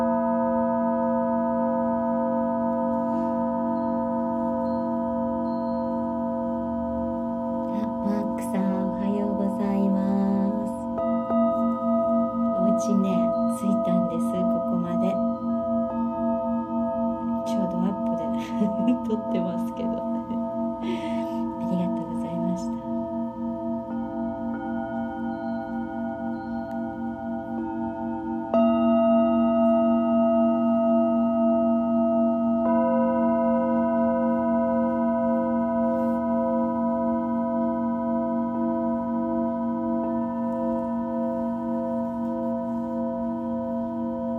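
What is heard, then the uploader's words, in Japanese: Singing bowls ring with long, steady, overlapping tones that hum low and shimmer higher up, sustained through the whole recording. Between about 8 and 23 seconds a voice speaks quietly over the ringing, and near 28 seconds a bowl is struck again, swelling slightly louder. メキシコから シンギングボウルのサウンドヒーリング ライブ。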